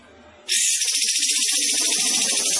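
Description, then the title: Olive-winged Bulbul song starts abruptly after a quiet moment, becoming a steady, loud, buzzy high chatter. Singing actively, described as gacor. "Kapas Tembak Gacor"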